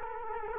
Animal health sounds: mosquito wingbeat signal from an infrared sensor; Culex quinquefasciatus

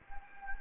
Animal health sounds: mosquito wingbeat signal from an infrared sensor; Anopheles gambiae

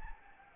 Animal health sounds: mosquito wingbeat signal from an infrared sensor; Anopheles arabiensis

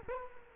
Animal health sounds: mosquito wingbeat signal from an infrared sensor; Culex quinquefasciatus

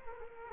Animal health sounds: mosquito wingbeat signal from an infrared sensor; Culex quinquefasciatus

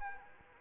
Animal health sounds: mosquito wingbeat signal from an infrared sensor; Anopheles arabiensis

